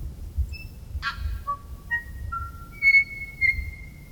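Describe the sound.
Tui song: clear pure whistled notes at varied pitches, a harsh wheezy burst, then long ringing high whistles, over a low background rumble.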